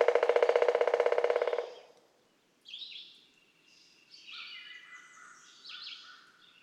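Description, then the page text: Pileated Woodpecker drum roll, a fast, forceful burst of knocks trailing off after under two seconds, followed by varied high warbling of other birds. Four drum rolls; May 15, 2004, Breaks Interstate Park, Breaks, Virginia. "Birdsong for the Curious Naturalist. Pileated woodpecker"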